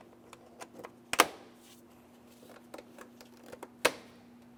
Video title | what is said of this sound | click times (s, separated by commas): How to Replace Alternator 2001-2005 Ford Sport Trac XLT | And now we're going to reach down and lock in both of our clamps. | 1.1 s, 3.9 s